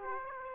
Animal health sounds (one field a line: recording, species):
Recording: mosquito wingbeat signal from an infrared sensor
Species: Aedes aegypti